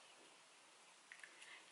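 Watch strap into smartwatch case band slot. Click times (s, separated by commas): 1.1 s, 1.2 s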